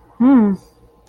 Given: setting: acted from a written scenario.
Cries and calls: vocal sound without words; neutral

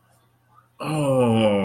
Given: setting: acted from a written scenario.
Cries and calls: vocal sound without words; realization

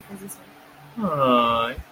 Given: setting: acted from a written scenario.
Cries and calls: vocal sound without words; adoration

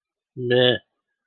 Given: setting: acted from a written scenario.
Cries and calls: vocal sound without words; neutral

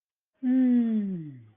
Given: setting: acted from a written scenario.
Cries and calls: vocal sound without words; disappointment

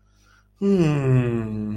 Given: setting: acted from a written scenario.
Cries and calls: vocal sound without words; ecstasy

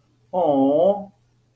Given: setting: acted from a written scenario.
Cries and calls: vocal sound without words; adoration

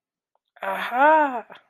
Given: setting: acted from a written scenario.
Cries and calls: vocal sound without words; pride

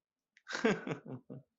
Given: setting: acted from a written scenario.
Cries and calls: vocal sound without words; amusement

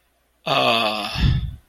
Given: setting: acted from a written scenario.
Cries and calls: vocal sound without words; disappointment

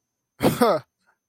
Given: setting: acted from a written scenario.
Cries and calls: vocal sound without words; amusement

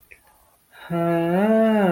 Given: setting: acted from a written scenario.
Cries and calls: vocal sound without words; realization

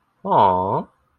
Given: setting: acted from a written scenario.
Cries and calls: vocal sound without words; adoration

